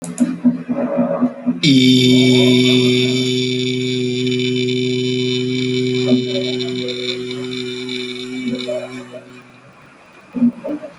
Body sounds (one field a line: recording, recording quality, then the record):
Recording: sustained vowel as in beet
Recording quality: excellent, no background noise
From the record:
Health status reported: healthy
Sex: male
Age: 21 years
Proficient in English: yes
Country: India